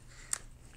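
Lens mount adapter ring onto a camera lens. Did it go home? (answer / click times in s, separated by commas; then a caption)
yes / 0.3 s. A lens mount adapter ring is fitted onto a camera lens and turned until it locks. A single sharp click at 0.3 s shows the ring seating into place, followed by a faint tick at 0.8 s over a quiet background.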